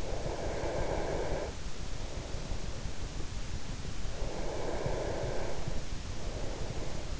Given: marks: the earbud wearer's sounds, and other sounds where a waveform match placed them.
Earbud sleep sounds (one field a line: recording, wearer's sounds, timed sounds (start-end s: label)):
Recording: sounds in sleep by an in-ear microphone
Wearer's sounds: breath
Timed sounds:
0.00-1.81 s: breath
4.14-6.98 s: breath